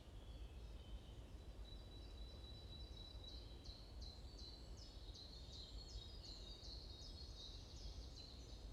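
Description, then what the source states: Bird chirps building into a fast sequence of high, falling notes, with constant low background noise. Morning birds chirping in a forest in Bosvoorde, Watermaal-Bosvoorde, Brussels, Belgium; described as peaceful ('rust'); recorded with an AMBE VR microphone.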